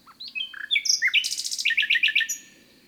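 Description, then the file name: Common nightingale song phrase: a few clear whistled notes, then a fast series of repeated rich notes ending with a high whistle. "Luscinia megarhynchos"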